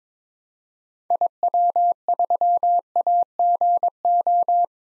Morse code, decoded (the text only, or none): IW3AGO